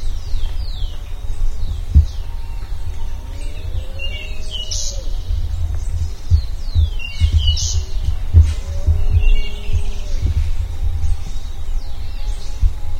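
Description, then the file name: Bird calls: many short, high downslurred chirps in loose bursts, some sharper notes among them, over a constant low rumbling noise. "SABIOD 50 bird 2015"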